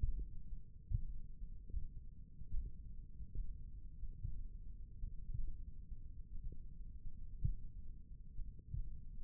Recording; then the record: forearm muscle sounds (acoustic myography)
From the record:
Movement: finger pinch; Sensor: system 1, eight BSWA MPA416 microphones around the upper forearm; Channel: 1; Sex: male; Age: 23 years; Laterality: right